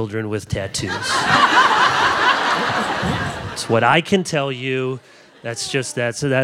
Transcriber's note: laughter